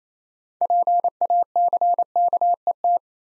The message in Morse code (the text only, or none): PACKET